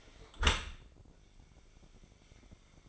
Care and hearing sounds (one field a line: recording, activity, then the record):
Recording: daily activity, microphone in the room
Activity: close dishwasher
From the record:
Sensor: 5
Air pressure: 1012.4 hPa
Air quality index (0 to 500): 162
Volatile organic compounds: 2 ppm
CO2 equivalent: 1098 ppm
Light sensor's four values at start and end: 107/258/109/120 and 107/258/109/121